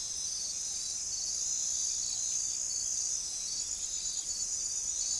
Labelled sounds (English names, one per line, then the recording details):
none
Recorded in forest near Pivijay, Magdalena, Colombia, on 5 June 2023 at 00:00
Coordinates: 10.467, -74.380
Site Z5-G034